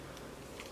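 A plastic strap cover piece is pushed fully onto the side rail of an all-black Nintendo Switch Joy-Con controller. Low, steady handling noise runs throughout, then a short, sharp tick is heard at 0.6 s as the cover clicks home and seats on the rail.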